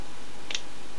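A plastic leg piece is snapped into place on the second leg of a plastic action figure while it is being transformed. A single sharp click sounds at 0.6 s over a low, steady background. The leg piece seats firmly into the figure's leg.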